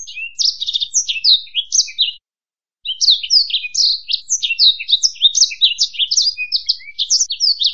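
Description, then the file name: Black-throated canary song, a fast, high, varied twittering warble with buzzy trills, pausing briefly after two seconds before resuming continuously; no other sounds. "suara burung blackthroat"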